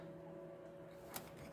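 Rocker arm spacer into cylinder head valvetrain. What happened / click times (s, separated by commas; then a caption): Metal part handled, not yet seated / none. A rocker arm is handled on the cylinder head of a Neon engine, wiggled and moved so its spacer can pop into place in the valvetrain. A steady low hum with tonal bands runs throughout, broken by a brief sharp burst near 1.2 seconds. Nothing has seated or clicked into place yet.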